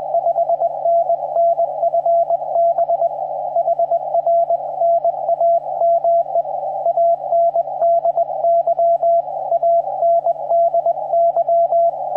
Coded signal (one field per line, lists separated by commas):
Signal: Morse code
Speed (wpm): 21 wpm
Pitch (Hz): 680 Hz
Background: radio noise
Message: 5NN FB HR NAME ANDY ANDY